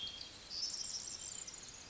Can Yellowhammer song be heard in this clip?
no